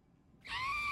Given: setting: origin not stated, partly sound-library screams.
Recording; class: one-second piece from a danger detection set; woman in danger